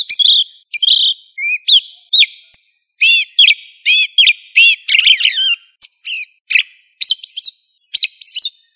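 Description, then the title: Thrush singing a lively, varied song of clear whistled and chirping phrases, rising and falling notes packed closely together with short gaps. "Familia Turdidae - Sabia"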